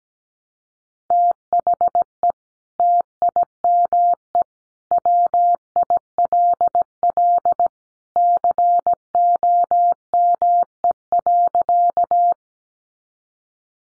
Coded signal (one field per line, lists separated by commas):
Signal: Morse code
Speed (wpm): 17 wpm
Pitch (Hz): 700 Hz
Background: none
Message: THE TIME WILL COME.